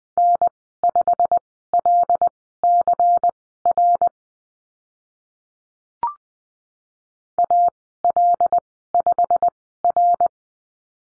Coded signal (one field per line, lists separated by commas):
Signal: Morse code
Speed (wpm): 20 wpm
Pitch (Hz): 700 Hz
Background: none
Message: N5LCR AL5R